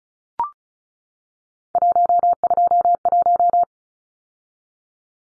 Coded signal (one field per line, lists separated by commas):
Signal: Morse code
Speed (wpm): 34 wpm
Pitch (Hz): 700 Hz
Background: none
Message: 121